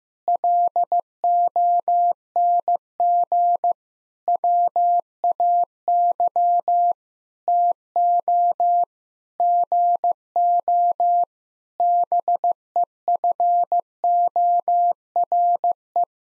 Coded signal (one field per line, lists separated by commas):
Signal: Morse code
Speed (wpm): 15 wpm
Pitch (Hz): 700 Hz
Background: none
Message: LONG WAY TO GO BEFORE